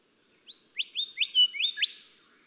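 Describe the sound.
Golden whistler song, a run of rising whistled phrases climaxing in a loud upward whipcrack.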